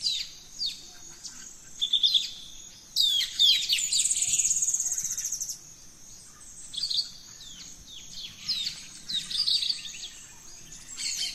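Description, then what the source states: Birds chorusing at dawn, varied whistles and chirps from several singers, with a brief rapid buzzing trill and a steady insect hum. Dawn chorus of rainforest birds, Gran Sabana, Venezuela.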